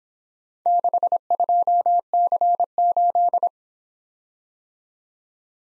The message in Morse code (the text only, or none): 62C8